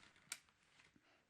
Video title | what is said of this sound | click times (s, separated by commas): Bronica SQ | counterclockwise you'll hear a click and it's locked into place you're good to go | 0.3 s